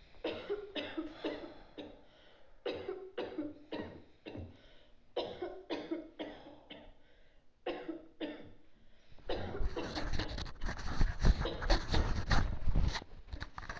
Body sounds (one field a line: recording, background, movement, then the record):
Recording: deep breathing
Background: a bystander coughing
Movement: sitting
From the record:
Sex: male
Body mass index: 23.7 kg/m2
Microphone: on the chest, facing outward